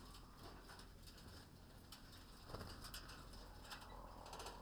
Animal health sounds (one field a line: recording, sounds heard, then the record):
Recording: poultry house recording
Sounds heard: healthy chickens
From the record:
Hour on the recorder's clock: 19